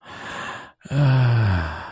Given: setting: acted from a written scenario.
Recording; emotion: vocal sound without words; ecstasy